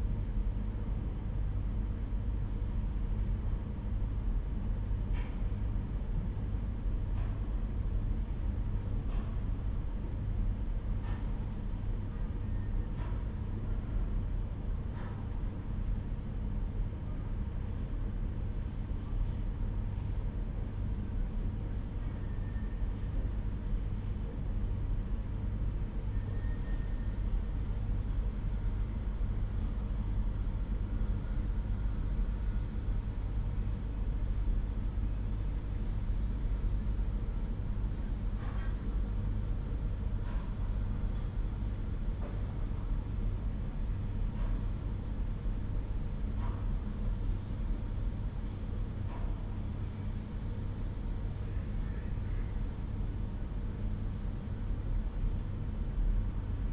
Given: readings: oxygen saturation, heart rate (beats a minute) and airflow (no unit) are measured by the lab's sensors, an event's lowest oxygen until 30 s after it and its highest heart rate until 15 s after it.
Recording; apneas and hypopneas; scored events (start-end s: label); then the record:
a person awake in a sleep study, by a smartphone at the bedside; none
0.00-56.73 s: awake
From the record:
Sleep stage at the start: awake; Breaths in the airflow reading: 17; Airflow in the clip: -0.8 to 0.6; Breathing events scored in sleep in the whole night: 201 in 6.5 hours asleep